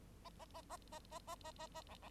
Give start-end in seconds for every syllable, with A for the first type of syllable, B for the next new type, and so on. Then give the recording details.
0.24-0.29 A, 0.38-0.45 A, 0.54-0.61 A, 0.69-0.77 A, 0.92-0.99 A, 1.11-1.19 A, 1.27-1.35 A, 1.44-1.51 A, 1.58-1.67 A, 1.74-1.82 A, 1.89-1.95 B, 2.02-2.09 B. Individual Bird9